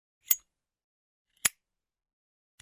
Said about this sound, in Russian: Раздался щелчок открываемой крышечки, вспышка и огонек, что на мгновение осветил ее сосредоточенное лицо, выхватив из мрака острые скулы и линию сжатых губ.